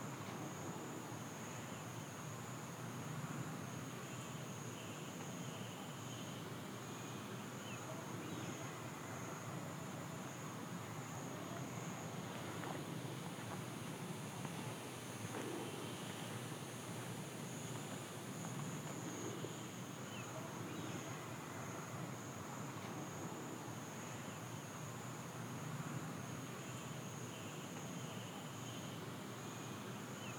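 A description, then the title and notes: Ambience from a small station set among rice fields: a steady, dense wash of outdoor sound with a thin, continuous high-pitched insect whine over it. A second, fainter high tone joins midway. Beneath, a soft rumble like passing traffic or a train persists evenly. 田んぼの中の駅より（Binaural）- From the station in the rice field. 富山湾沿いを走る「あいの風とやま鉄道」の無人の駅で録音しました。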